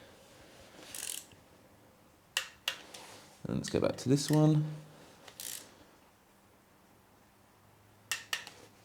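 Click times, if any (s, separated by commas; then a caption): 8.1 s, 8.3 s. A torque wrench set to 10 Nm tightens an earlier bolt on the engine casing cover of a Honda CBR1000RR FireBlade, working in a cross pattern. Someone talks while short metallic ticks sound around 2.4 and 2.7 s. The wrench reaches its setting and clicks at 8.1 and 8.3 s.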